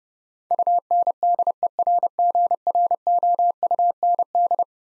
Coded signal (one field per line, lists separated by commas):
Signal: Morse code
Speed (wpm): 31 wpm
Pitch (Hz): 700 Hz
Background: none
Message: UNDERGROUND